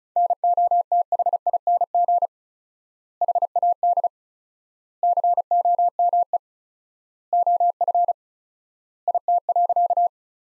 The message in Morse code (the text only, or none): NOTHING HAD COME OF IT.